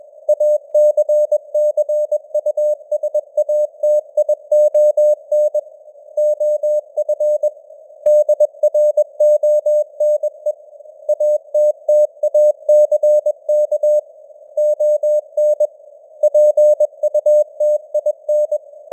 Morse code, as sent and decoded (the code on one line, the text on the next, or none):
.- -.-. -.-. ..- ... .- - .. --- -. / --- ..-. / -.. .-. --- -. . / .- - - .- -.-. -.- / --- -. / .--. ..- - .. -.
ACCUSATION OF DRONE ATTACK ON PUTIN